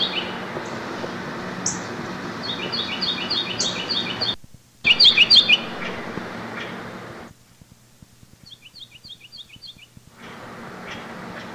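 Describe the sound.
Carolina wren song: runs of quick repeated whistled phrases, one loud burst and a fainter series later, with some dropouts in the recording.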